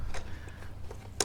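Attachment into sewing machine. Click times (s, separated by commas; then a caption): 1.2 s. An attachment is slid into a sewing or craft machine and pushed home, with faint low hum and soft handling sounds beforehand. A single sharp click rings out at 1.2 s as the attachment clicks into place, seated.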